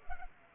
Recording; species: mosquito wingbeat signal from an infrared sensor; Culex pipiens